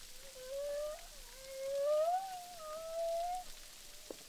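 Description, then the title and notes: Humpback whale song, a chain of wavering tonal moans rising and dipping in pitch with clear harmonics, ending in a brief click over soft hiss. Humpback whales recorded underwater with a DPA hydrophone at Boucan Canot, Réunion Island, during a film shoot. "humpback whales, boucan canot, ile de la reunion. enregistré avec un hydrophone DPA lors du tournage SIGNATURE"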